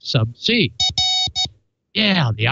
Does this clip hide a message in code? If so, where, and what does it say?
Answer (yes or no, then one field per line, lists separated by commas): no